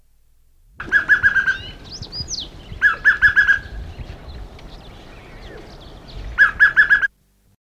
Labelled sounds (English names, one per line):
Pale Chanting Goshawk call